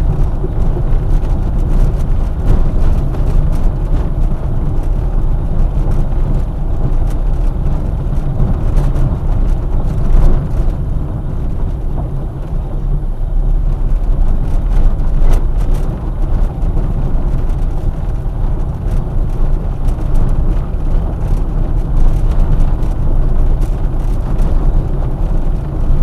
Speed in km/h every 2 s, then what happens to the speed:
24, 24, 23, 24, 20, 15, 17, 19, 20, 21, 21, 22, 22.
0-6 steady at about 24. 6-10 slows to 15. 10-26 steady at about 20.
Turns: none.